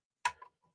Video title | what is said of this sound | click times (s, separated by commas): BUILD YOUR OWN FORD MUSTANG SHELBY 1:6 Parts 3 TO 13 | that in theory that goes forwards and that this should click in | 0.3 s